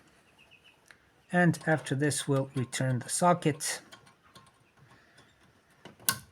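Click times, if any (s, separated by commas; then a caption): 6.1 s. A plastic headlight bulb socket is pushed firmly back into the headlight housing while someone talks. Fainter handling sounds follow the speech, then a sharp click at 6.1 s as the socket locks into place.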